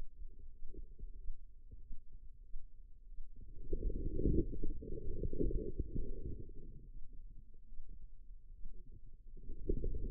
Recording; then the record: forearm muscle sounds (acoustic myography)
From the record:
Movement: inward rotation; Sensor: system 2, bracelet of six BSWA MPA416 microphones around the upper forearm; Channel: 3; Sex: female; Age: 25 years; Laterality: right